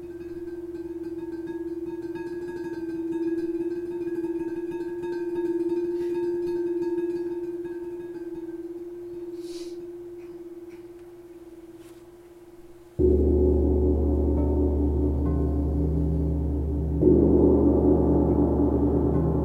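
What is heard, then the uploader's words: A crystal singing bowl rings with a steady, pure mid tone for the first thirteen seconds, with a few soft taps and rustles. Then it thickens abruptly into a louder, dense drone of layered tones, swelling again near seventeen seconds. LIVE CRYSTAL BOWL CONCERT. Full set single track recorded live at one of my crystal singing bowl concerts.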